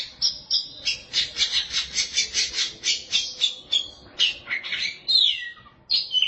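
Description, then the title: Oriental magpie-robin song that opens with quick repeated harsh notes, then turns to longer whistled slurs falling in pitch. Song of the kacer. "Suara Kicauan Burung Kacer"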